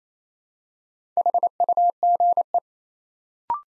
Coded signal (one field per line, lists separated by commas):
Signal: Morse code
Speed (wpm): 29 wpm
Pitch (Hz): 700 Hz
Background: none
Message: HUGE